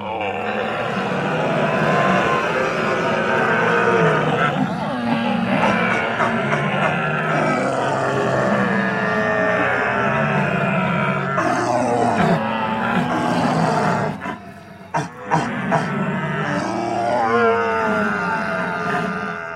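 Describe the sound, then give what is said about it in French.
A person imitates a red deer stag's bellow: loud, deep, drawn-out roaring groans that waver in pitch and carry on almost continuously, broken by a brief pause near the end. “Et on parle de voix pour le cerf.”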